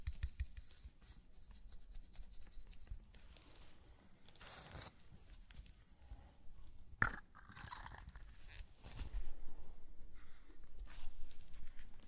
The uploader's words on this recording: Zen Garden - Sand Crinkle Brushing Tapping Cup Sounds. NO TALKING.